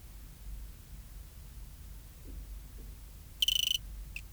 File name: Eugrylloides pipiens